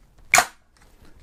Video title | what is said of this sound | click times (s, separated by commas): BEST ARGB Fans For Your PC Thermaltake Magnetic SWAFAN EX EX12 EX14 ARGB SYNC | very simple very straightforward to do all you do grab your fan and push with your thumbs until you hear the click | 0.3 s